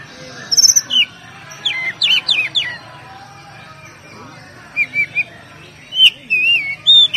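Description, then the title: Oriental magpie-robin delivering varied song: clear whistles, a fast run of sharp chip-like notes, then slurred and warbled phrases. "Kacer"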